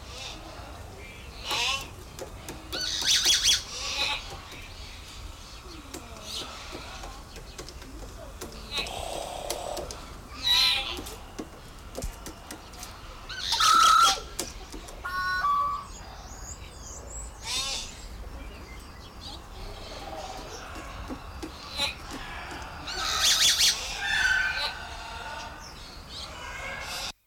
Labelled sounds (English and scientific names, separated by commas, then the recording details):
White-crested Laughingthrush (Garrulax leucolophus) call
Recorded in captivity
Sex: pair
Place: Zoo Halle, Sachsen-Anhalt, DE
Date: 1996-03-08 16:42
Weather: sonnig, 3°C
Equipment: Sony WM-D6C, Sennheiser ME 80, Kopie Uher 4000 Report Monitor
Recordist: Tembrock, Günter
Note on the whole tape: Paar: Duettrufen, Entfernung ca